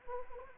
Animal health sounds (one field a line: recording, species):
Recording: mosquito wingbeat signal from an infrared sensor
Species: Anopheles arabiensis